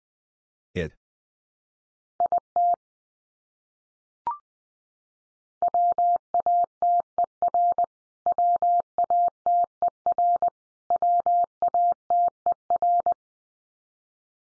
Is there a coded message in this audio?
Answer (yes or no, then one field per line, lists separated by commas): yes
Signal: Morse code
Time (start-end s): 2.2-13.1 s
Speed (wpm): 20 wpm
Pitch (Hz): 700 Hz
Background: none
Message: IT WATER WATER WATER